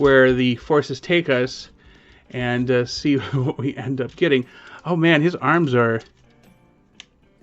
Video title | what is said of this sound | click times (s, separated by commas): #Transformers Legacy United Victory Universe Leader Galaxy Shuttle | they're not latching in very well. They're supposed to latch in under the arms here, but they are just not. | none